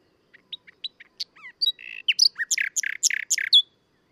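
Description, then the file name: Common nightingale song: spaced soft clicking notes, a brief buzzy rattle, then a loud series of repeated harsh chopping notes ending on a short whistle. "Luscinia megarhynchos"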